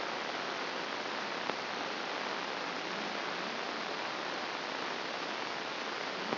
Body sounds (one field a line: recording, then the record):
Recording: brain microelectrode recording played as sound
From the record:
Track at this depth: outside the subthalamic nucleus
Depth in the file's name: 0.346 mm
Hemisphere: left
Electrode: 2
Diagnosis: Parkinson's disease